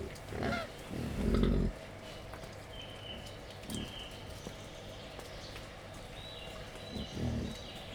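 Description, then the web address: Wild boar giving a few scattered low grunts, one louder burst near the start, with faint high chirps in the background. Wild boar in a zoo in Hungary, excited before feeding, recorded 28 April 2015. "jaszberenyizoo. vaddiszno etetesrefelajzva"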